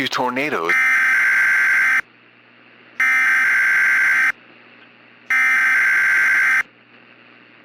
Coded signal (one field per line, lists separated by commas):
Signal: Emergency Alert System (SAME) tones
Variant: header bursts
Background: speech